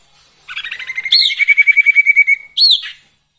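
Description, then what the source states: Sirtu song: scratchy opening notes, then a fast even trill held steady, ending with a sharp chirp. Masteran recording with the full variety of song, used for training songbirds.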